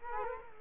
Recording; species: mosquito wingbeat signal from an infrared sensor; Culex quinquefasciatus